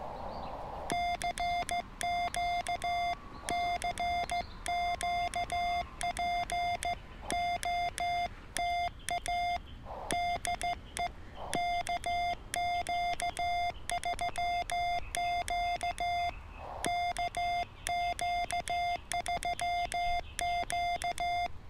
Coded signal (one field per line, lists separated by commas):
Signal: Morse code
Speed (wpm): 15 wpm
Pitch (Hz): 700 Hz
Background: none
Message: CQ CQ POTA DE KQ3Q KQ3Q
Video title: Emtech ZM-2 ATU for POTA activations